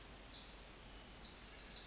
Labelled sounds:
Pacific Wren
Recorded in Sonoma County, California

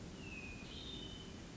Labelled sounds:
Hermit Thrush
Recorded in Sonoma County, California

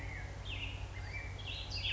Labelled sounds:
Western Tanager
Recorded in Sonoma County, California

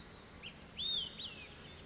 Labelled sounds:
Olive-sided Flycatcher
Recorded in Sonoma County, California

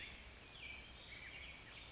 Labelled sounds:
California Towhee
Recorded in Sonoma County, California

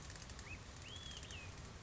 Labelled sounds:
Olive-sided Flycatcher
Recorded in Sonoma County, California

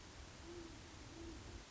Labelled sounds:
Great Horned Owl
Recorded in Sonoma County, California

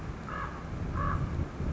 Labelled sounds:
Common Raven
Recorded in Sonoma County, California

